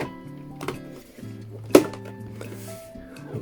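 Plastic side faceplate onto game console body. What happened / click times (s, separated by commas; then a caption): The plastic side plate snapped into place / 1.8 s. A black replacement plastic faceplate is lined up on the second side of a PS5 console and pressed down until its clips engage, over steady background music. Several small clip sounds build to a sharp, loud snap at 1.8 s, and the plate is seated.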